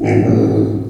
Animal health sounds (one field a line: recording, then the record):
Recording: squeal of a Yucatan mini pig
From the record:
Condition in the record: before surgery on the right vocal fold (resection and tissue-engineered implant)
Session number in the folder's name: 3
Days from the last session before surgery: 0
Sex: female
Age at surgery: 19 weeks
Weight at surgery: 25 kg